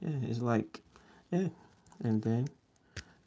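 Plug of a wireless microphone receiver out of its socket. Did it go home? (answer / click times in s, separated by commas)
released / 3.0 s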